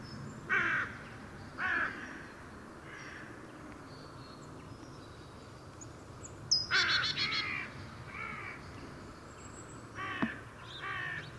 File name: Corvus corone